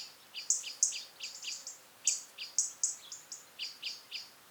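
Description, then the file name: European robin delivering a steady stream of high, thin piercing notes with downslurred lower strokes. "Erithacus rubecula"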